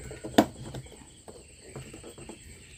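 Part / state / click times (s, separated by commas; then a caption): plastic snap lock of a water heater top cover / released / 0.4 s. A plastic snap lock on the top cover of an AO Smith electric water heater is pried loose, giving a sharp click at 0.4 s, followed by quieter handling sounds. The lock releases.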